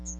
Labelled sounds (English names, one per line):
Chestnut-sided Warbler flight call